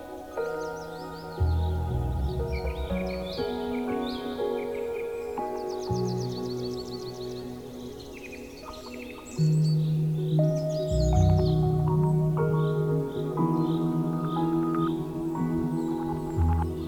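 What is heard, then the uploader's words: Birds chirp and trill in quick, bright bursts throughout, layered over soft, sustained music with steady held tones and a gentle low bass line. The music swells noticeably louder around the tenth second and stays fuller to the end, while birdsong continues above it. Soothing Singing Birds, Nature Sounds & Relaxing Music In A Dreamy Forest.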